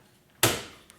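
A router attachment is slid onto the 12V multi-tool drill base of a Black and Decker Matrix drill system (BDCDMT112) and snaps into its locked position. A sharp click at 0.4 s rings out and decays over about half a second, followed by a faint tick at 0.9 s. The attachment is seated and locked onto the drill body.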